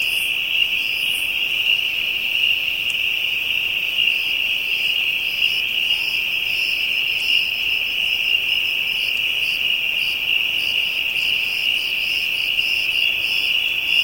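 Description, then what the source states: Insects in a continuous high-pitched chorus, a steady shrill band with fainter pulsing buzzes above it, unbroken throughout. African insects, ambient soundscape.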